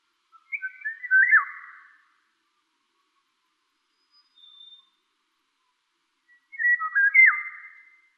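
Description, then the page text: Eurasian golden oriole song: two rich fluting whistled phrases with liquid, yodelling pitch drops, about six seconds apart, with a faint short whistle between. "Krzysiek Deoniziak - Обыкновенная иволга (Oriolus oriolus)"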